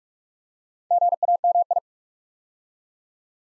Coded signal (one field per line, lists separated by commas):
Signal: Morse code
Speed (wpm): 44 wpm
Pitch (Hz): 700 Hz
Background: none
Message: GAMI